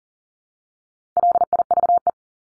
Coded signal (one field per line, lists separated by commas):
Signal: Morse code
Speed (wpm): 40 wpm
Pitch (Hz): 700 Hz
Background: none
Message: LIVE